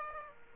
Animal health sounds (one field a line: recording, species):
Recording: mosquito wingbeat signal from an infrared sensor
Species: Aedes aegypti